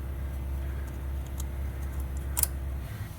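A plastic retaining clip is pushed up into its mount in the engine bay over a steady low hum. It snaps into place with a sharp click at 2.4 seconds, after a fainter tick at 1.4 seconds, and the clip is seated.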